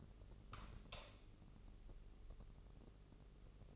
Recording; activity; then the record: daily activity, microphone in the room; light on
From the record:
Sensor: 4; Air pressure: 996.1 hPa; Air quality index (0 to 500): 62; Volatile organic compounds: 2 ppm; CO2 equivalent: 1107 ppm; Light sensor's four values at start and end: 15/33/13/13 and 18/45/17/18